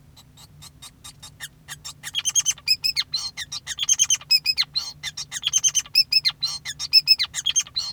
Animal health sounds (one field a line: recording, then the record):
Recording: song of a male Bengalese finch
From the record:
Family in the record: son of father 5